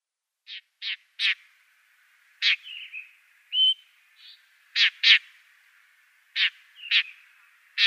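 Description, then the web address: Blackstart calls: a series of short sharp clicking notes, several in quick pairs, with a few soft whistled notes between them, over a quiet background. "Schulze Peter Blackstart calls"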